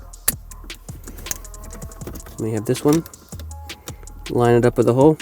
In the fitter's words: push it till it clicks we